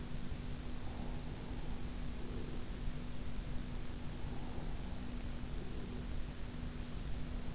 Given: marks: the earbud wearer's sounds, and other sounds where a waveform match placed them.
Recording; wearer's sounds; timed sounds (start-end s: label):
sounds in sleep by an in-ear microphone; breath
0.78-2.89 s: breath
4.19-6.28 s: breath